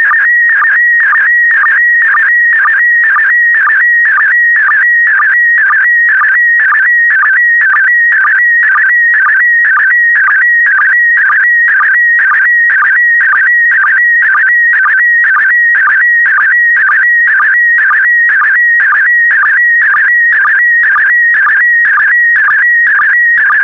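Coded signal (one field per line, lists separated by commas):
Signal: SSTV (slow-scan television)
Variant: PD120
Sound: continuous warbling whistle with regular low chirps about twice a second, steady throughout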